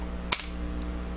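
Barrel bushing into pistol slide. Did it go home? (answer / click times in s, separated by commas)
yes / 0.3 s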